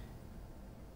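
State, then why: Not seated. The press-fit flex connector of a Google Nexus 5 smartphone battery is being handled and pushed toward its socket on the main board. Only a steady low rumble and faint broadband noise is heard, with no sharp transients. Nothing has seated or clicked yet.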